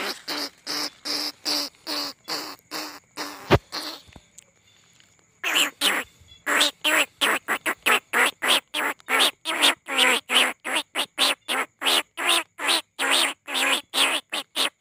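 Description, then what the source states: Field rat squealing, steady rapid nasal squeaks with a short pause, then a longer unbroken run of squeaks. Lure call recording.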